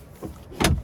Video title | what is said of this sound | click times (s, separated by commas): 2024 Cadillac Lyriq Luxury II POV Test Drive & Review #nbcrmag.com | locks into place you can also just manually release from the seat itself | 0.6 s